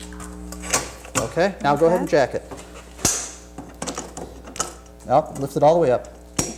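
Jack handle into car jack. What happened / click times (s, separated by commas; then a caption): Metal parts are handled with sharp knocks, but no clear seating click stands out / none. During a tire change, a metal jack handle is lifted all the way up on a car jack while someone talks. Sharp metallic hits ring out between the speech. The handle has not clicked into place yet.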